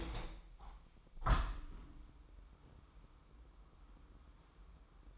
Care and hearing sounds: daily activity, microphone in the room; open window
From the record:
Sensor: 1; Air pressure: 998.2 hPa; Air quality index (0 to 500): 140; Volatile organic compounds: 4 ppm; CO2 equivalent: 1683 ppm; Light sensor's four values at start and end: 15/52/21/21 and 15/53/21/21

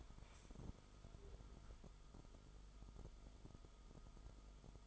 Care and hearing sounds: daily activity, microphone in the room; stand up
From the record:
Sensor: 5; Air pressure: 1005.4 hPa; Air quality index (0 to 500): 106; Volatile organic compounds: 2 ppm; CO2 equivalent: 1294 ppm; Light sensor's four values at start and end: 34/79/31/30 and 34/79/31/30

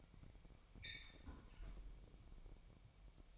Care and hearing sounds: daily activity, microphone in the room; close fridge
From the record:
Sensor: 1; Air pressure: 1002.0 hPa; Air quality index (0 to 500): 241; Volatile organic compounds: 47 ppm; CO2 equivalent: 3251 ppm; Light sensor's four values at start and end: 8/28/10/11 and 8/28/10/11

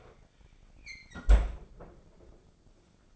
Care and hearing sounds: daily activity, microphone in the room; close fridge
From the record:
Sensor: 5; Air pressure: 995.4 hPa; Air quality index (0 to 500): 91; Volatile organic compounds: 5 ppm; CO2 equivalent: 1711 ppm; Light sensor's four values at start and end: 38/91/37/38 and 35/85/34/35

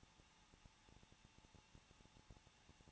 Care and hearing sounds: daily activity, microphone in the room; no activity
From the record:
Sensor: 1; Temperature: 20.1 degrees Celsius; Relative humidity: 39.1%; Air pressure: 1006.4 hPa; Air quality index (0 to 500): 216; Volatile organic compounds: 73 ppm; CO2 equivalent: 3543 ppm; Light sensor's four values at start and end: 1/2/1/1 and 1/2/1/1

